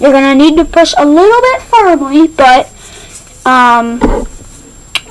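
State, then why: Seated. A metal heat sink clip, with both ends slipped on, is pressed firmly onto a RAM stick while someone talks. It snaps into place with a short, sharp click at 4.9 s, showing the clip is seated.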